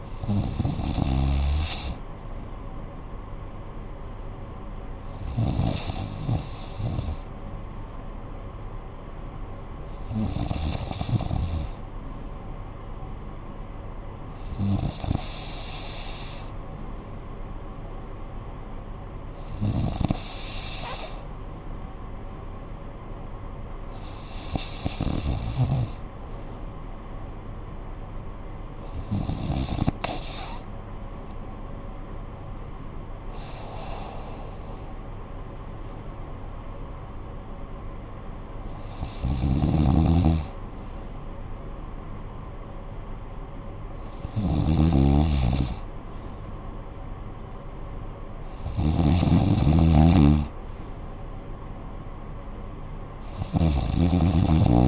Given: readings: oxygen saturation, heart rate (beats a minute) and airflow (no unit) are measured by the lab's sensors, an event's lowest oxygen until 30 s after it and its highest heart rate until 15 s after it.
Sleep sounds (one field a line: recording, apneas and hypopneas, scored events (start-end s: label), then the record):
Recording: breathing in sleep by a smartphone at the bedside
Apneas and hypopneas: none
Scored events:
none scored
From the record:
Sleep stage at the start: N3 (deep sleep)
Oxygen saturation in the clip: 94%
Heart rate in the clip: 54 to 66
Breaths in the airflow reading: 11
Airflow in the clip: -9.2 to 7.9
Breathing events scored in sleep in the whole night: 445 in 7.6 hours asleep